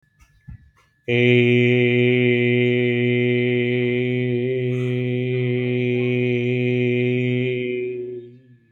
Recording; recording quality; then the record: sustained vowel as in made; excellent, no background noise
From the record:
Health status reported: exposed to COVID-19, no respiratory illness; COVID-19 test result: negative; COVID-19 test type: rapid antigen test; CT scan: not taken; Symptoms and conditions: cold, fatigue, muscle pain, diabetes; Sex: male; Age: 52 years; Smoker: no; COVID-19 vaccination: both doses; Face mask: not worn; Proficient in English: yes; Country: India